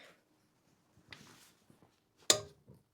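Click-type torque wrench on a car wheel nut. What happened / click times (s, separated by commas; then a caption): The torque wrench clicked at its setting / 2.3 s. A pre-set click-type torque wrench tightens a road wheel nut on a Morris Minor, with a smaller tick at 1.1 s before a sharp, loud click at 2.3 s. The click confirms the nut has reached its torque setting, and someone talks briefly afterward.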